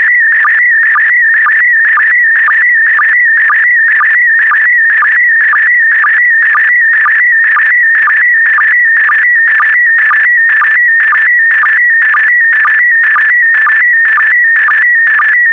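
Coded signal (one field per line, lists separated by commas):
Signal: SSTV (slow-scan television)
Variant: PD120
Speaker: Five, four, three, two, one. Transmission complete. You can now check your decoded image against the picture that is shown on the video.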